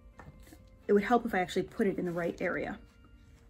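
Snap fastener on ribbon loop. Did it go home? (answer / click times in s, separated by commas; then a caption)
no / none. A snap fastener on a ribbon loop is handled and repositioned toward the right spot while someone talks, with a faint tap near 0.2 s and a soft handling sound near 3.1 s. Nothing has snapped or seated yet.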